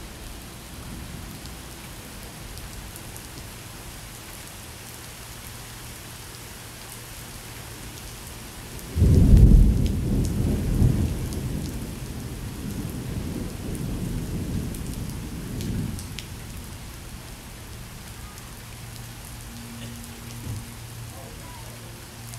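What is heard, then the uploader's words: Steady summer rain hisses softly throughout, while a deep rolling thunder bursts in near nine seconds and rumbles away over the next several. Sights & Sounds Summer Rain. If you visit Fort Wilderness in the summer, you are bound to run into a little precipitation.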